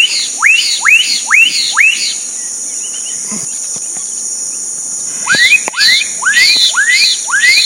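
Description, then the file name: Black-capped donacobius giving loud rising whistles, about two per second in two bursts split by a short gap, over a steady high insect drone. Recorded at Sertão, Mongaguá, São Paulo, Brazil, on 27 December 2016. "Donacobius-atricapilla-Sertao Mongagua-SP-27-12-16-ASilveira"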